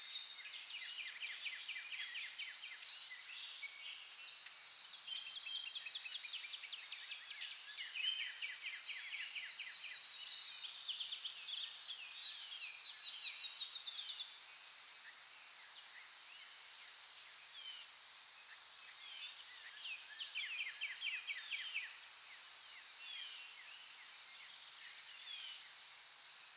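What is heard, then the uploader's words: Birds call throughout a forest, with quick chirps and trills crowding the upper range, busiest around ten to fourteen seconds. A steady high insect-like hiss runs underneath the whole time. There is nothing in the low range, and the birds sound moderately distant. Birds in the Forest.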